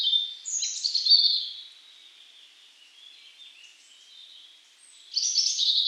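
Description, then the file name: European robin song: a high warbled phrase that fades to soft trickling notes, then a fresh bright phrase starts near the end. "Erithacus rubecula"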